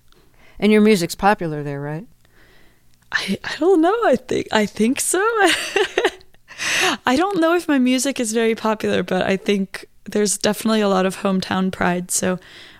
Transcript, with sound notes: And your music's popular there, right?
I don't know. I think so (laughter). I don't know if my music is very popular, but I think there's definitely a lot of hometown pride.